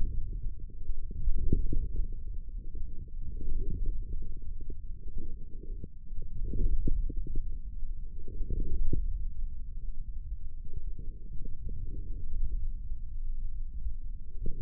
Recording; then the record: forearm muscle sounds (acoustic myography)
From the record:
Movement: forearm supination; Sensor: system 1, eight BSWA MPA416 microphones around the upper forearm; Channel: 5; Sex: male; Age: 28 years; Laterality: right